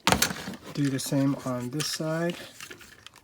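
The ankle rocker joint in the other leg of a Transformers Legacy Stunticons Menasor action figure is handled while someone talks, with a few sharp plastic handling ticks near the start and faint ones near the end. The ankle is being moved one ratchet step, but nothing has seated or clicked yet.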